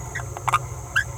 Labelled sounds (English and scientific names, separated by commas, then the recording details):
Green-rumped Parrotlet (Forpus passerinus) babbling
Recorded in a nest box in Venezuela
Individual 18B17A3